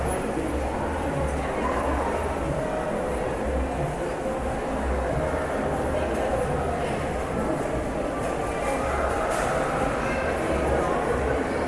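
Mall ambient noise: a steady, dense wash of many overlapping voices with no single speaker standing out. A low hum runs underneath throughout, and faint bright clinks and chatter flickers come and go without any sharp breaks in level.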